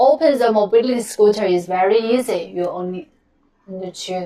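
Someone talks while a MUNIU S3 folding mobility scooter is handled to be opened, its folding frame latch not yet locked into the open position. No click is heard in the clip; the frame latch has not yet clicked locked, and nothing has seated yet.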